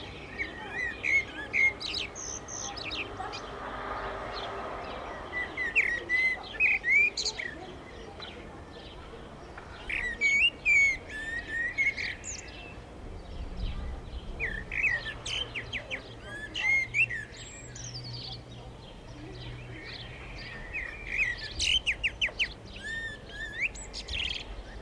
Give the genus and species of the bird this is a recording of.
Turdus merula